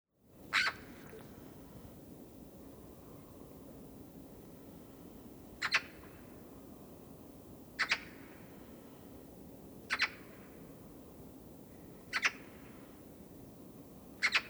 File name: Pica pica